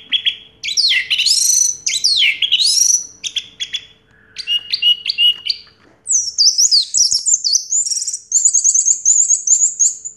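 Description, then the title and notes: Orange-headed thrush song: long varied sequence of swooping high whistles, buzzy trills and repeated notes, ending in a fast high warbled trill. Song in the teler style, described as having a clear voice; a complete collection of this bird's sounds. "Anis Merah Teler Suara Jernih. kumpulan suara anis merah lengkap"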